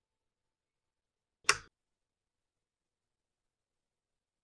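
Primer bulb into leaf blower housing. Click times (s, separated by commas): 1.5 s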